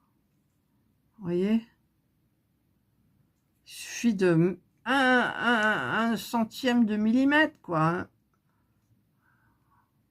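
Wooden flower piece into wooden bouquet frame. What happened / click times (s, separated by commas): The wooden piece is handled but not yet seated; no click is heard / none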